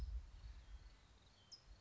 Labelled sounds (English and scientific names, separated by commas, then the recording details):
California Towhee (Melozone crissalis)
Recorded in Sonoma County, California